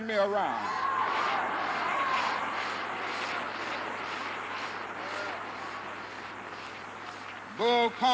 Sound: soundbite of crowd applauding and cheering

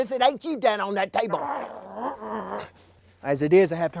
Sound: soundbite of growling

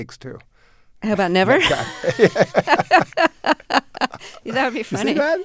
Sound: laughter

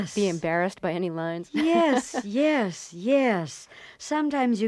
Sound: soundbite of laughter

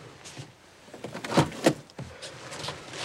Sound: soundbite of car door

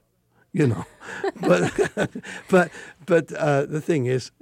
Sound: laughs

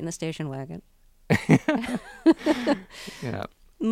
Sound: soundbite of laughter

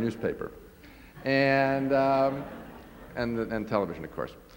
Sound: soundbite of laughter

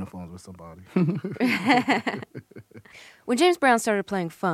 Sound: laughter

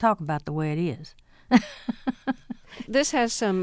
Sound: laughter

